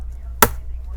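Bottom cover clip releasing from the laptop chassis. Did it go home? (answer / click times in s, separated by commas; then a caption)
released / 0.4 s. The retaining clip of the aluminium bottom cover on a 13-inch MacBook 2016/2017 A1708 lets go as the cover is lifted, making a sharp, loud pop at 0.4 s over a steady low hum. The clip releases, and the back cover pops open from the laptop chassis.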